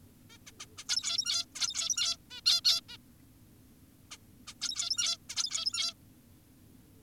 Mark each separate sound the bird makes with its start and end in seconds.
0.30-0.38, 0.47-0.52, 0.60-0.66, 0.78-0.84, 0.89-1.46, 1.56-2.17, 2.31-2.41, 2.46-2.61, 2.65-2.81, 2.89-2.97, 4.11-4.18, 4.48-4.54, 4.62-5.17, 5.30-5.94